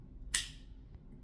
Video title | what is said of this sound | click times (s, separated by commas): wow, these knives are awesome! | Clicking into place. God, that's just so awesome and satisfying. | 0.3 s